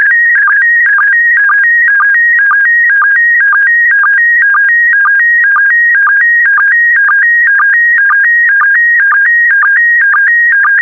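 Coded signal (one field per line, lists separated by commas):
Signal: SSTV (slow-scan television)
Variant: PD120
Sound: steady warbling tone alternating two pitches, with short low blips twice a second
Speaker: the next image transmission will start in 10 seconds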